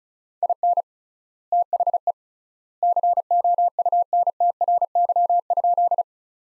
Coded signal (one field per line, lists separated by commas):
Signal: Morse code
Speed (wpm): 36 wpm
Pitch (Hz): 700 Hz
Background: none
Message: IN THE COUNTRY?